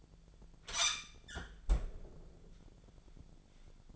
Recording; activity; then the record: daily activity, microphone in the room; close fridge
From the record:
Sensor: 5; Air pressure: 1000.2 hPa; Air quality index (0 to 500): 104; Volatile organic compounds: 1 ppm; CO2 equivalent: 839 ppm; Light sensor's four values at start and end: 238/566/242/265 and 237/564/241/264